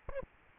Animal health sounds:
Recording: mosquito wingbeat signal from an infrared sensor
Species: Aedes albopictus

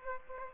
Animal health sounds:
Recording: mosquito wingbeat signal from an infrared sensor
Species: Aedes aegypti

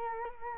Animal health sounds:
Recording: mosquito wingbeat signal from an infrared sensor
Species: Culex quinquefasciatus

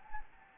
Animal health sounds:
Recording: mosquito wingbeat signal from an infrared sensor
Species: Anopheles gambiae

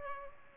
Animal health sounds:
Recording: mosquito wingbeat signal from an infrared sensor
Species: Culex pipiens

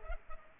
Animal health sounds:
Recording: mosquito wingbeat signal from an infrared sensor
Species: Culex pipiens

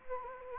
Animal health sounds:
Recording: mosquito wingbeat signal from an infrared sensor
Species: Anopheles gambiae

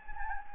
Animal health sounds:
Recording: mosquito wingbeat signal from an infrared sensor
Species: Anopheles gambiae

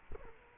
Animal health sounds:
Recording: mosquito wingbeat signal from an infrared sensor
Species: Culex quinquefasciatus

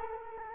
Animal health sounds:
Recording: mosquito wingbeat signal from an infrared sensor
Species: Culex quinquefasciatus

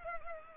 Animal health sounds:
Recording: mosquito wingbeat signal from an infrared sensor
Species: Culex pipiens

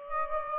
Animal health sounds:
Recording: mosquito wingbeat signal from an infrared sensor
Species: Aedes aegypti

